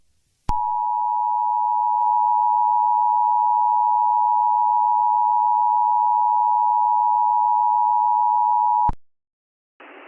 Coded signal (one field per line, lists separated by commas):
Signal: Emergency Alert System (SAME) tones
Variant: 853 and 960 Hz attention tone